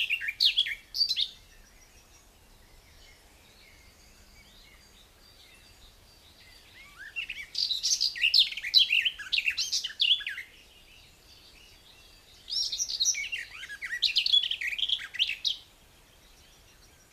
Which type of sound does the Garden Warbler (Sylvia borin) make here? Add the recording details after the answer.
song. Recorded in the wild. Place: Kaiserslautern, Rheinland-Pfalz, DE. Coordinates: 49.4247, 7.77889. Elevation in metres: 279. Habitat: garden. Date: 1986-07-15. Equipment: Nagra IV, Sennheiser MKH 815 T. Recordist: Tretzel, Erwin. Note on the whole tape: Garten, Kaiserslautern: Gesang